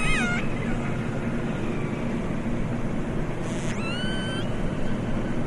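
Orca pulsed calls: a harmonic, squealing call at the start and a rising, buzzy upswept call a few seconds later, over a steady rumbling underwater background.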